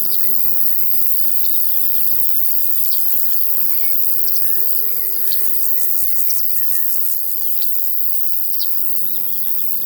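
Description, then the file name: Crickets keep up an unbroken high buzz over a low hum. In a field. "Sounds from a Field Larks and Crickets"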